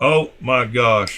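A lock button is being fitted into a folding knife handle during reassembly while someone talks. Only speech is heard, and the button has not popped into place yet.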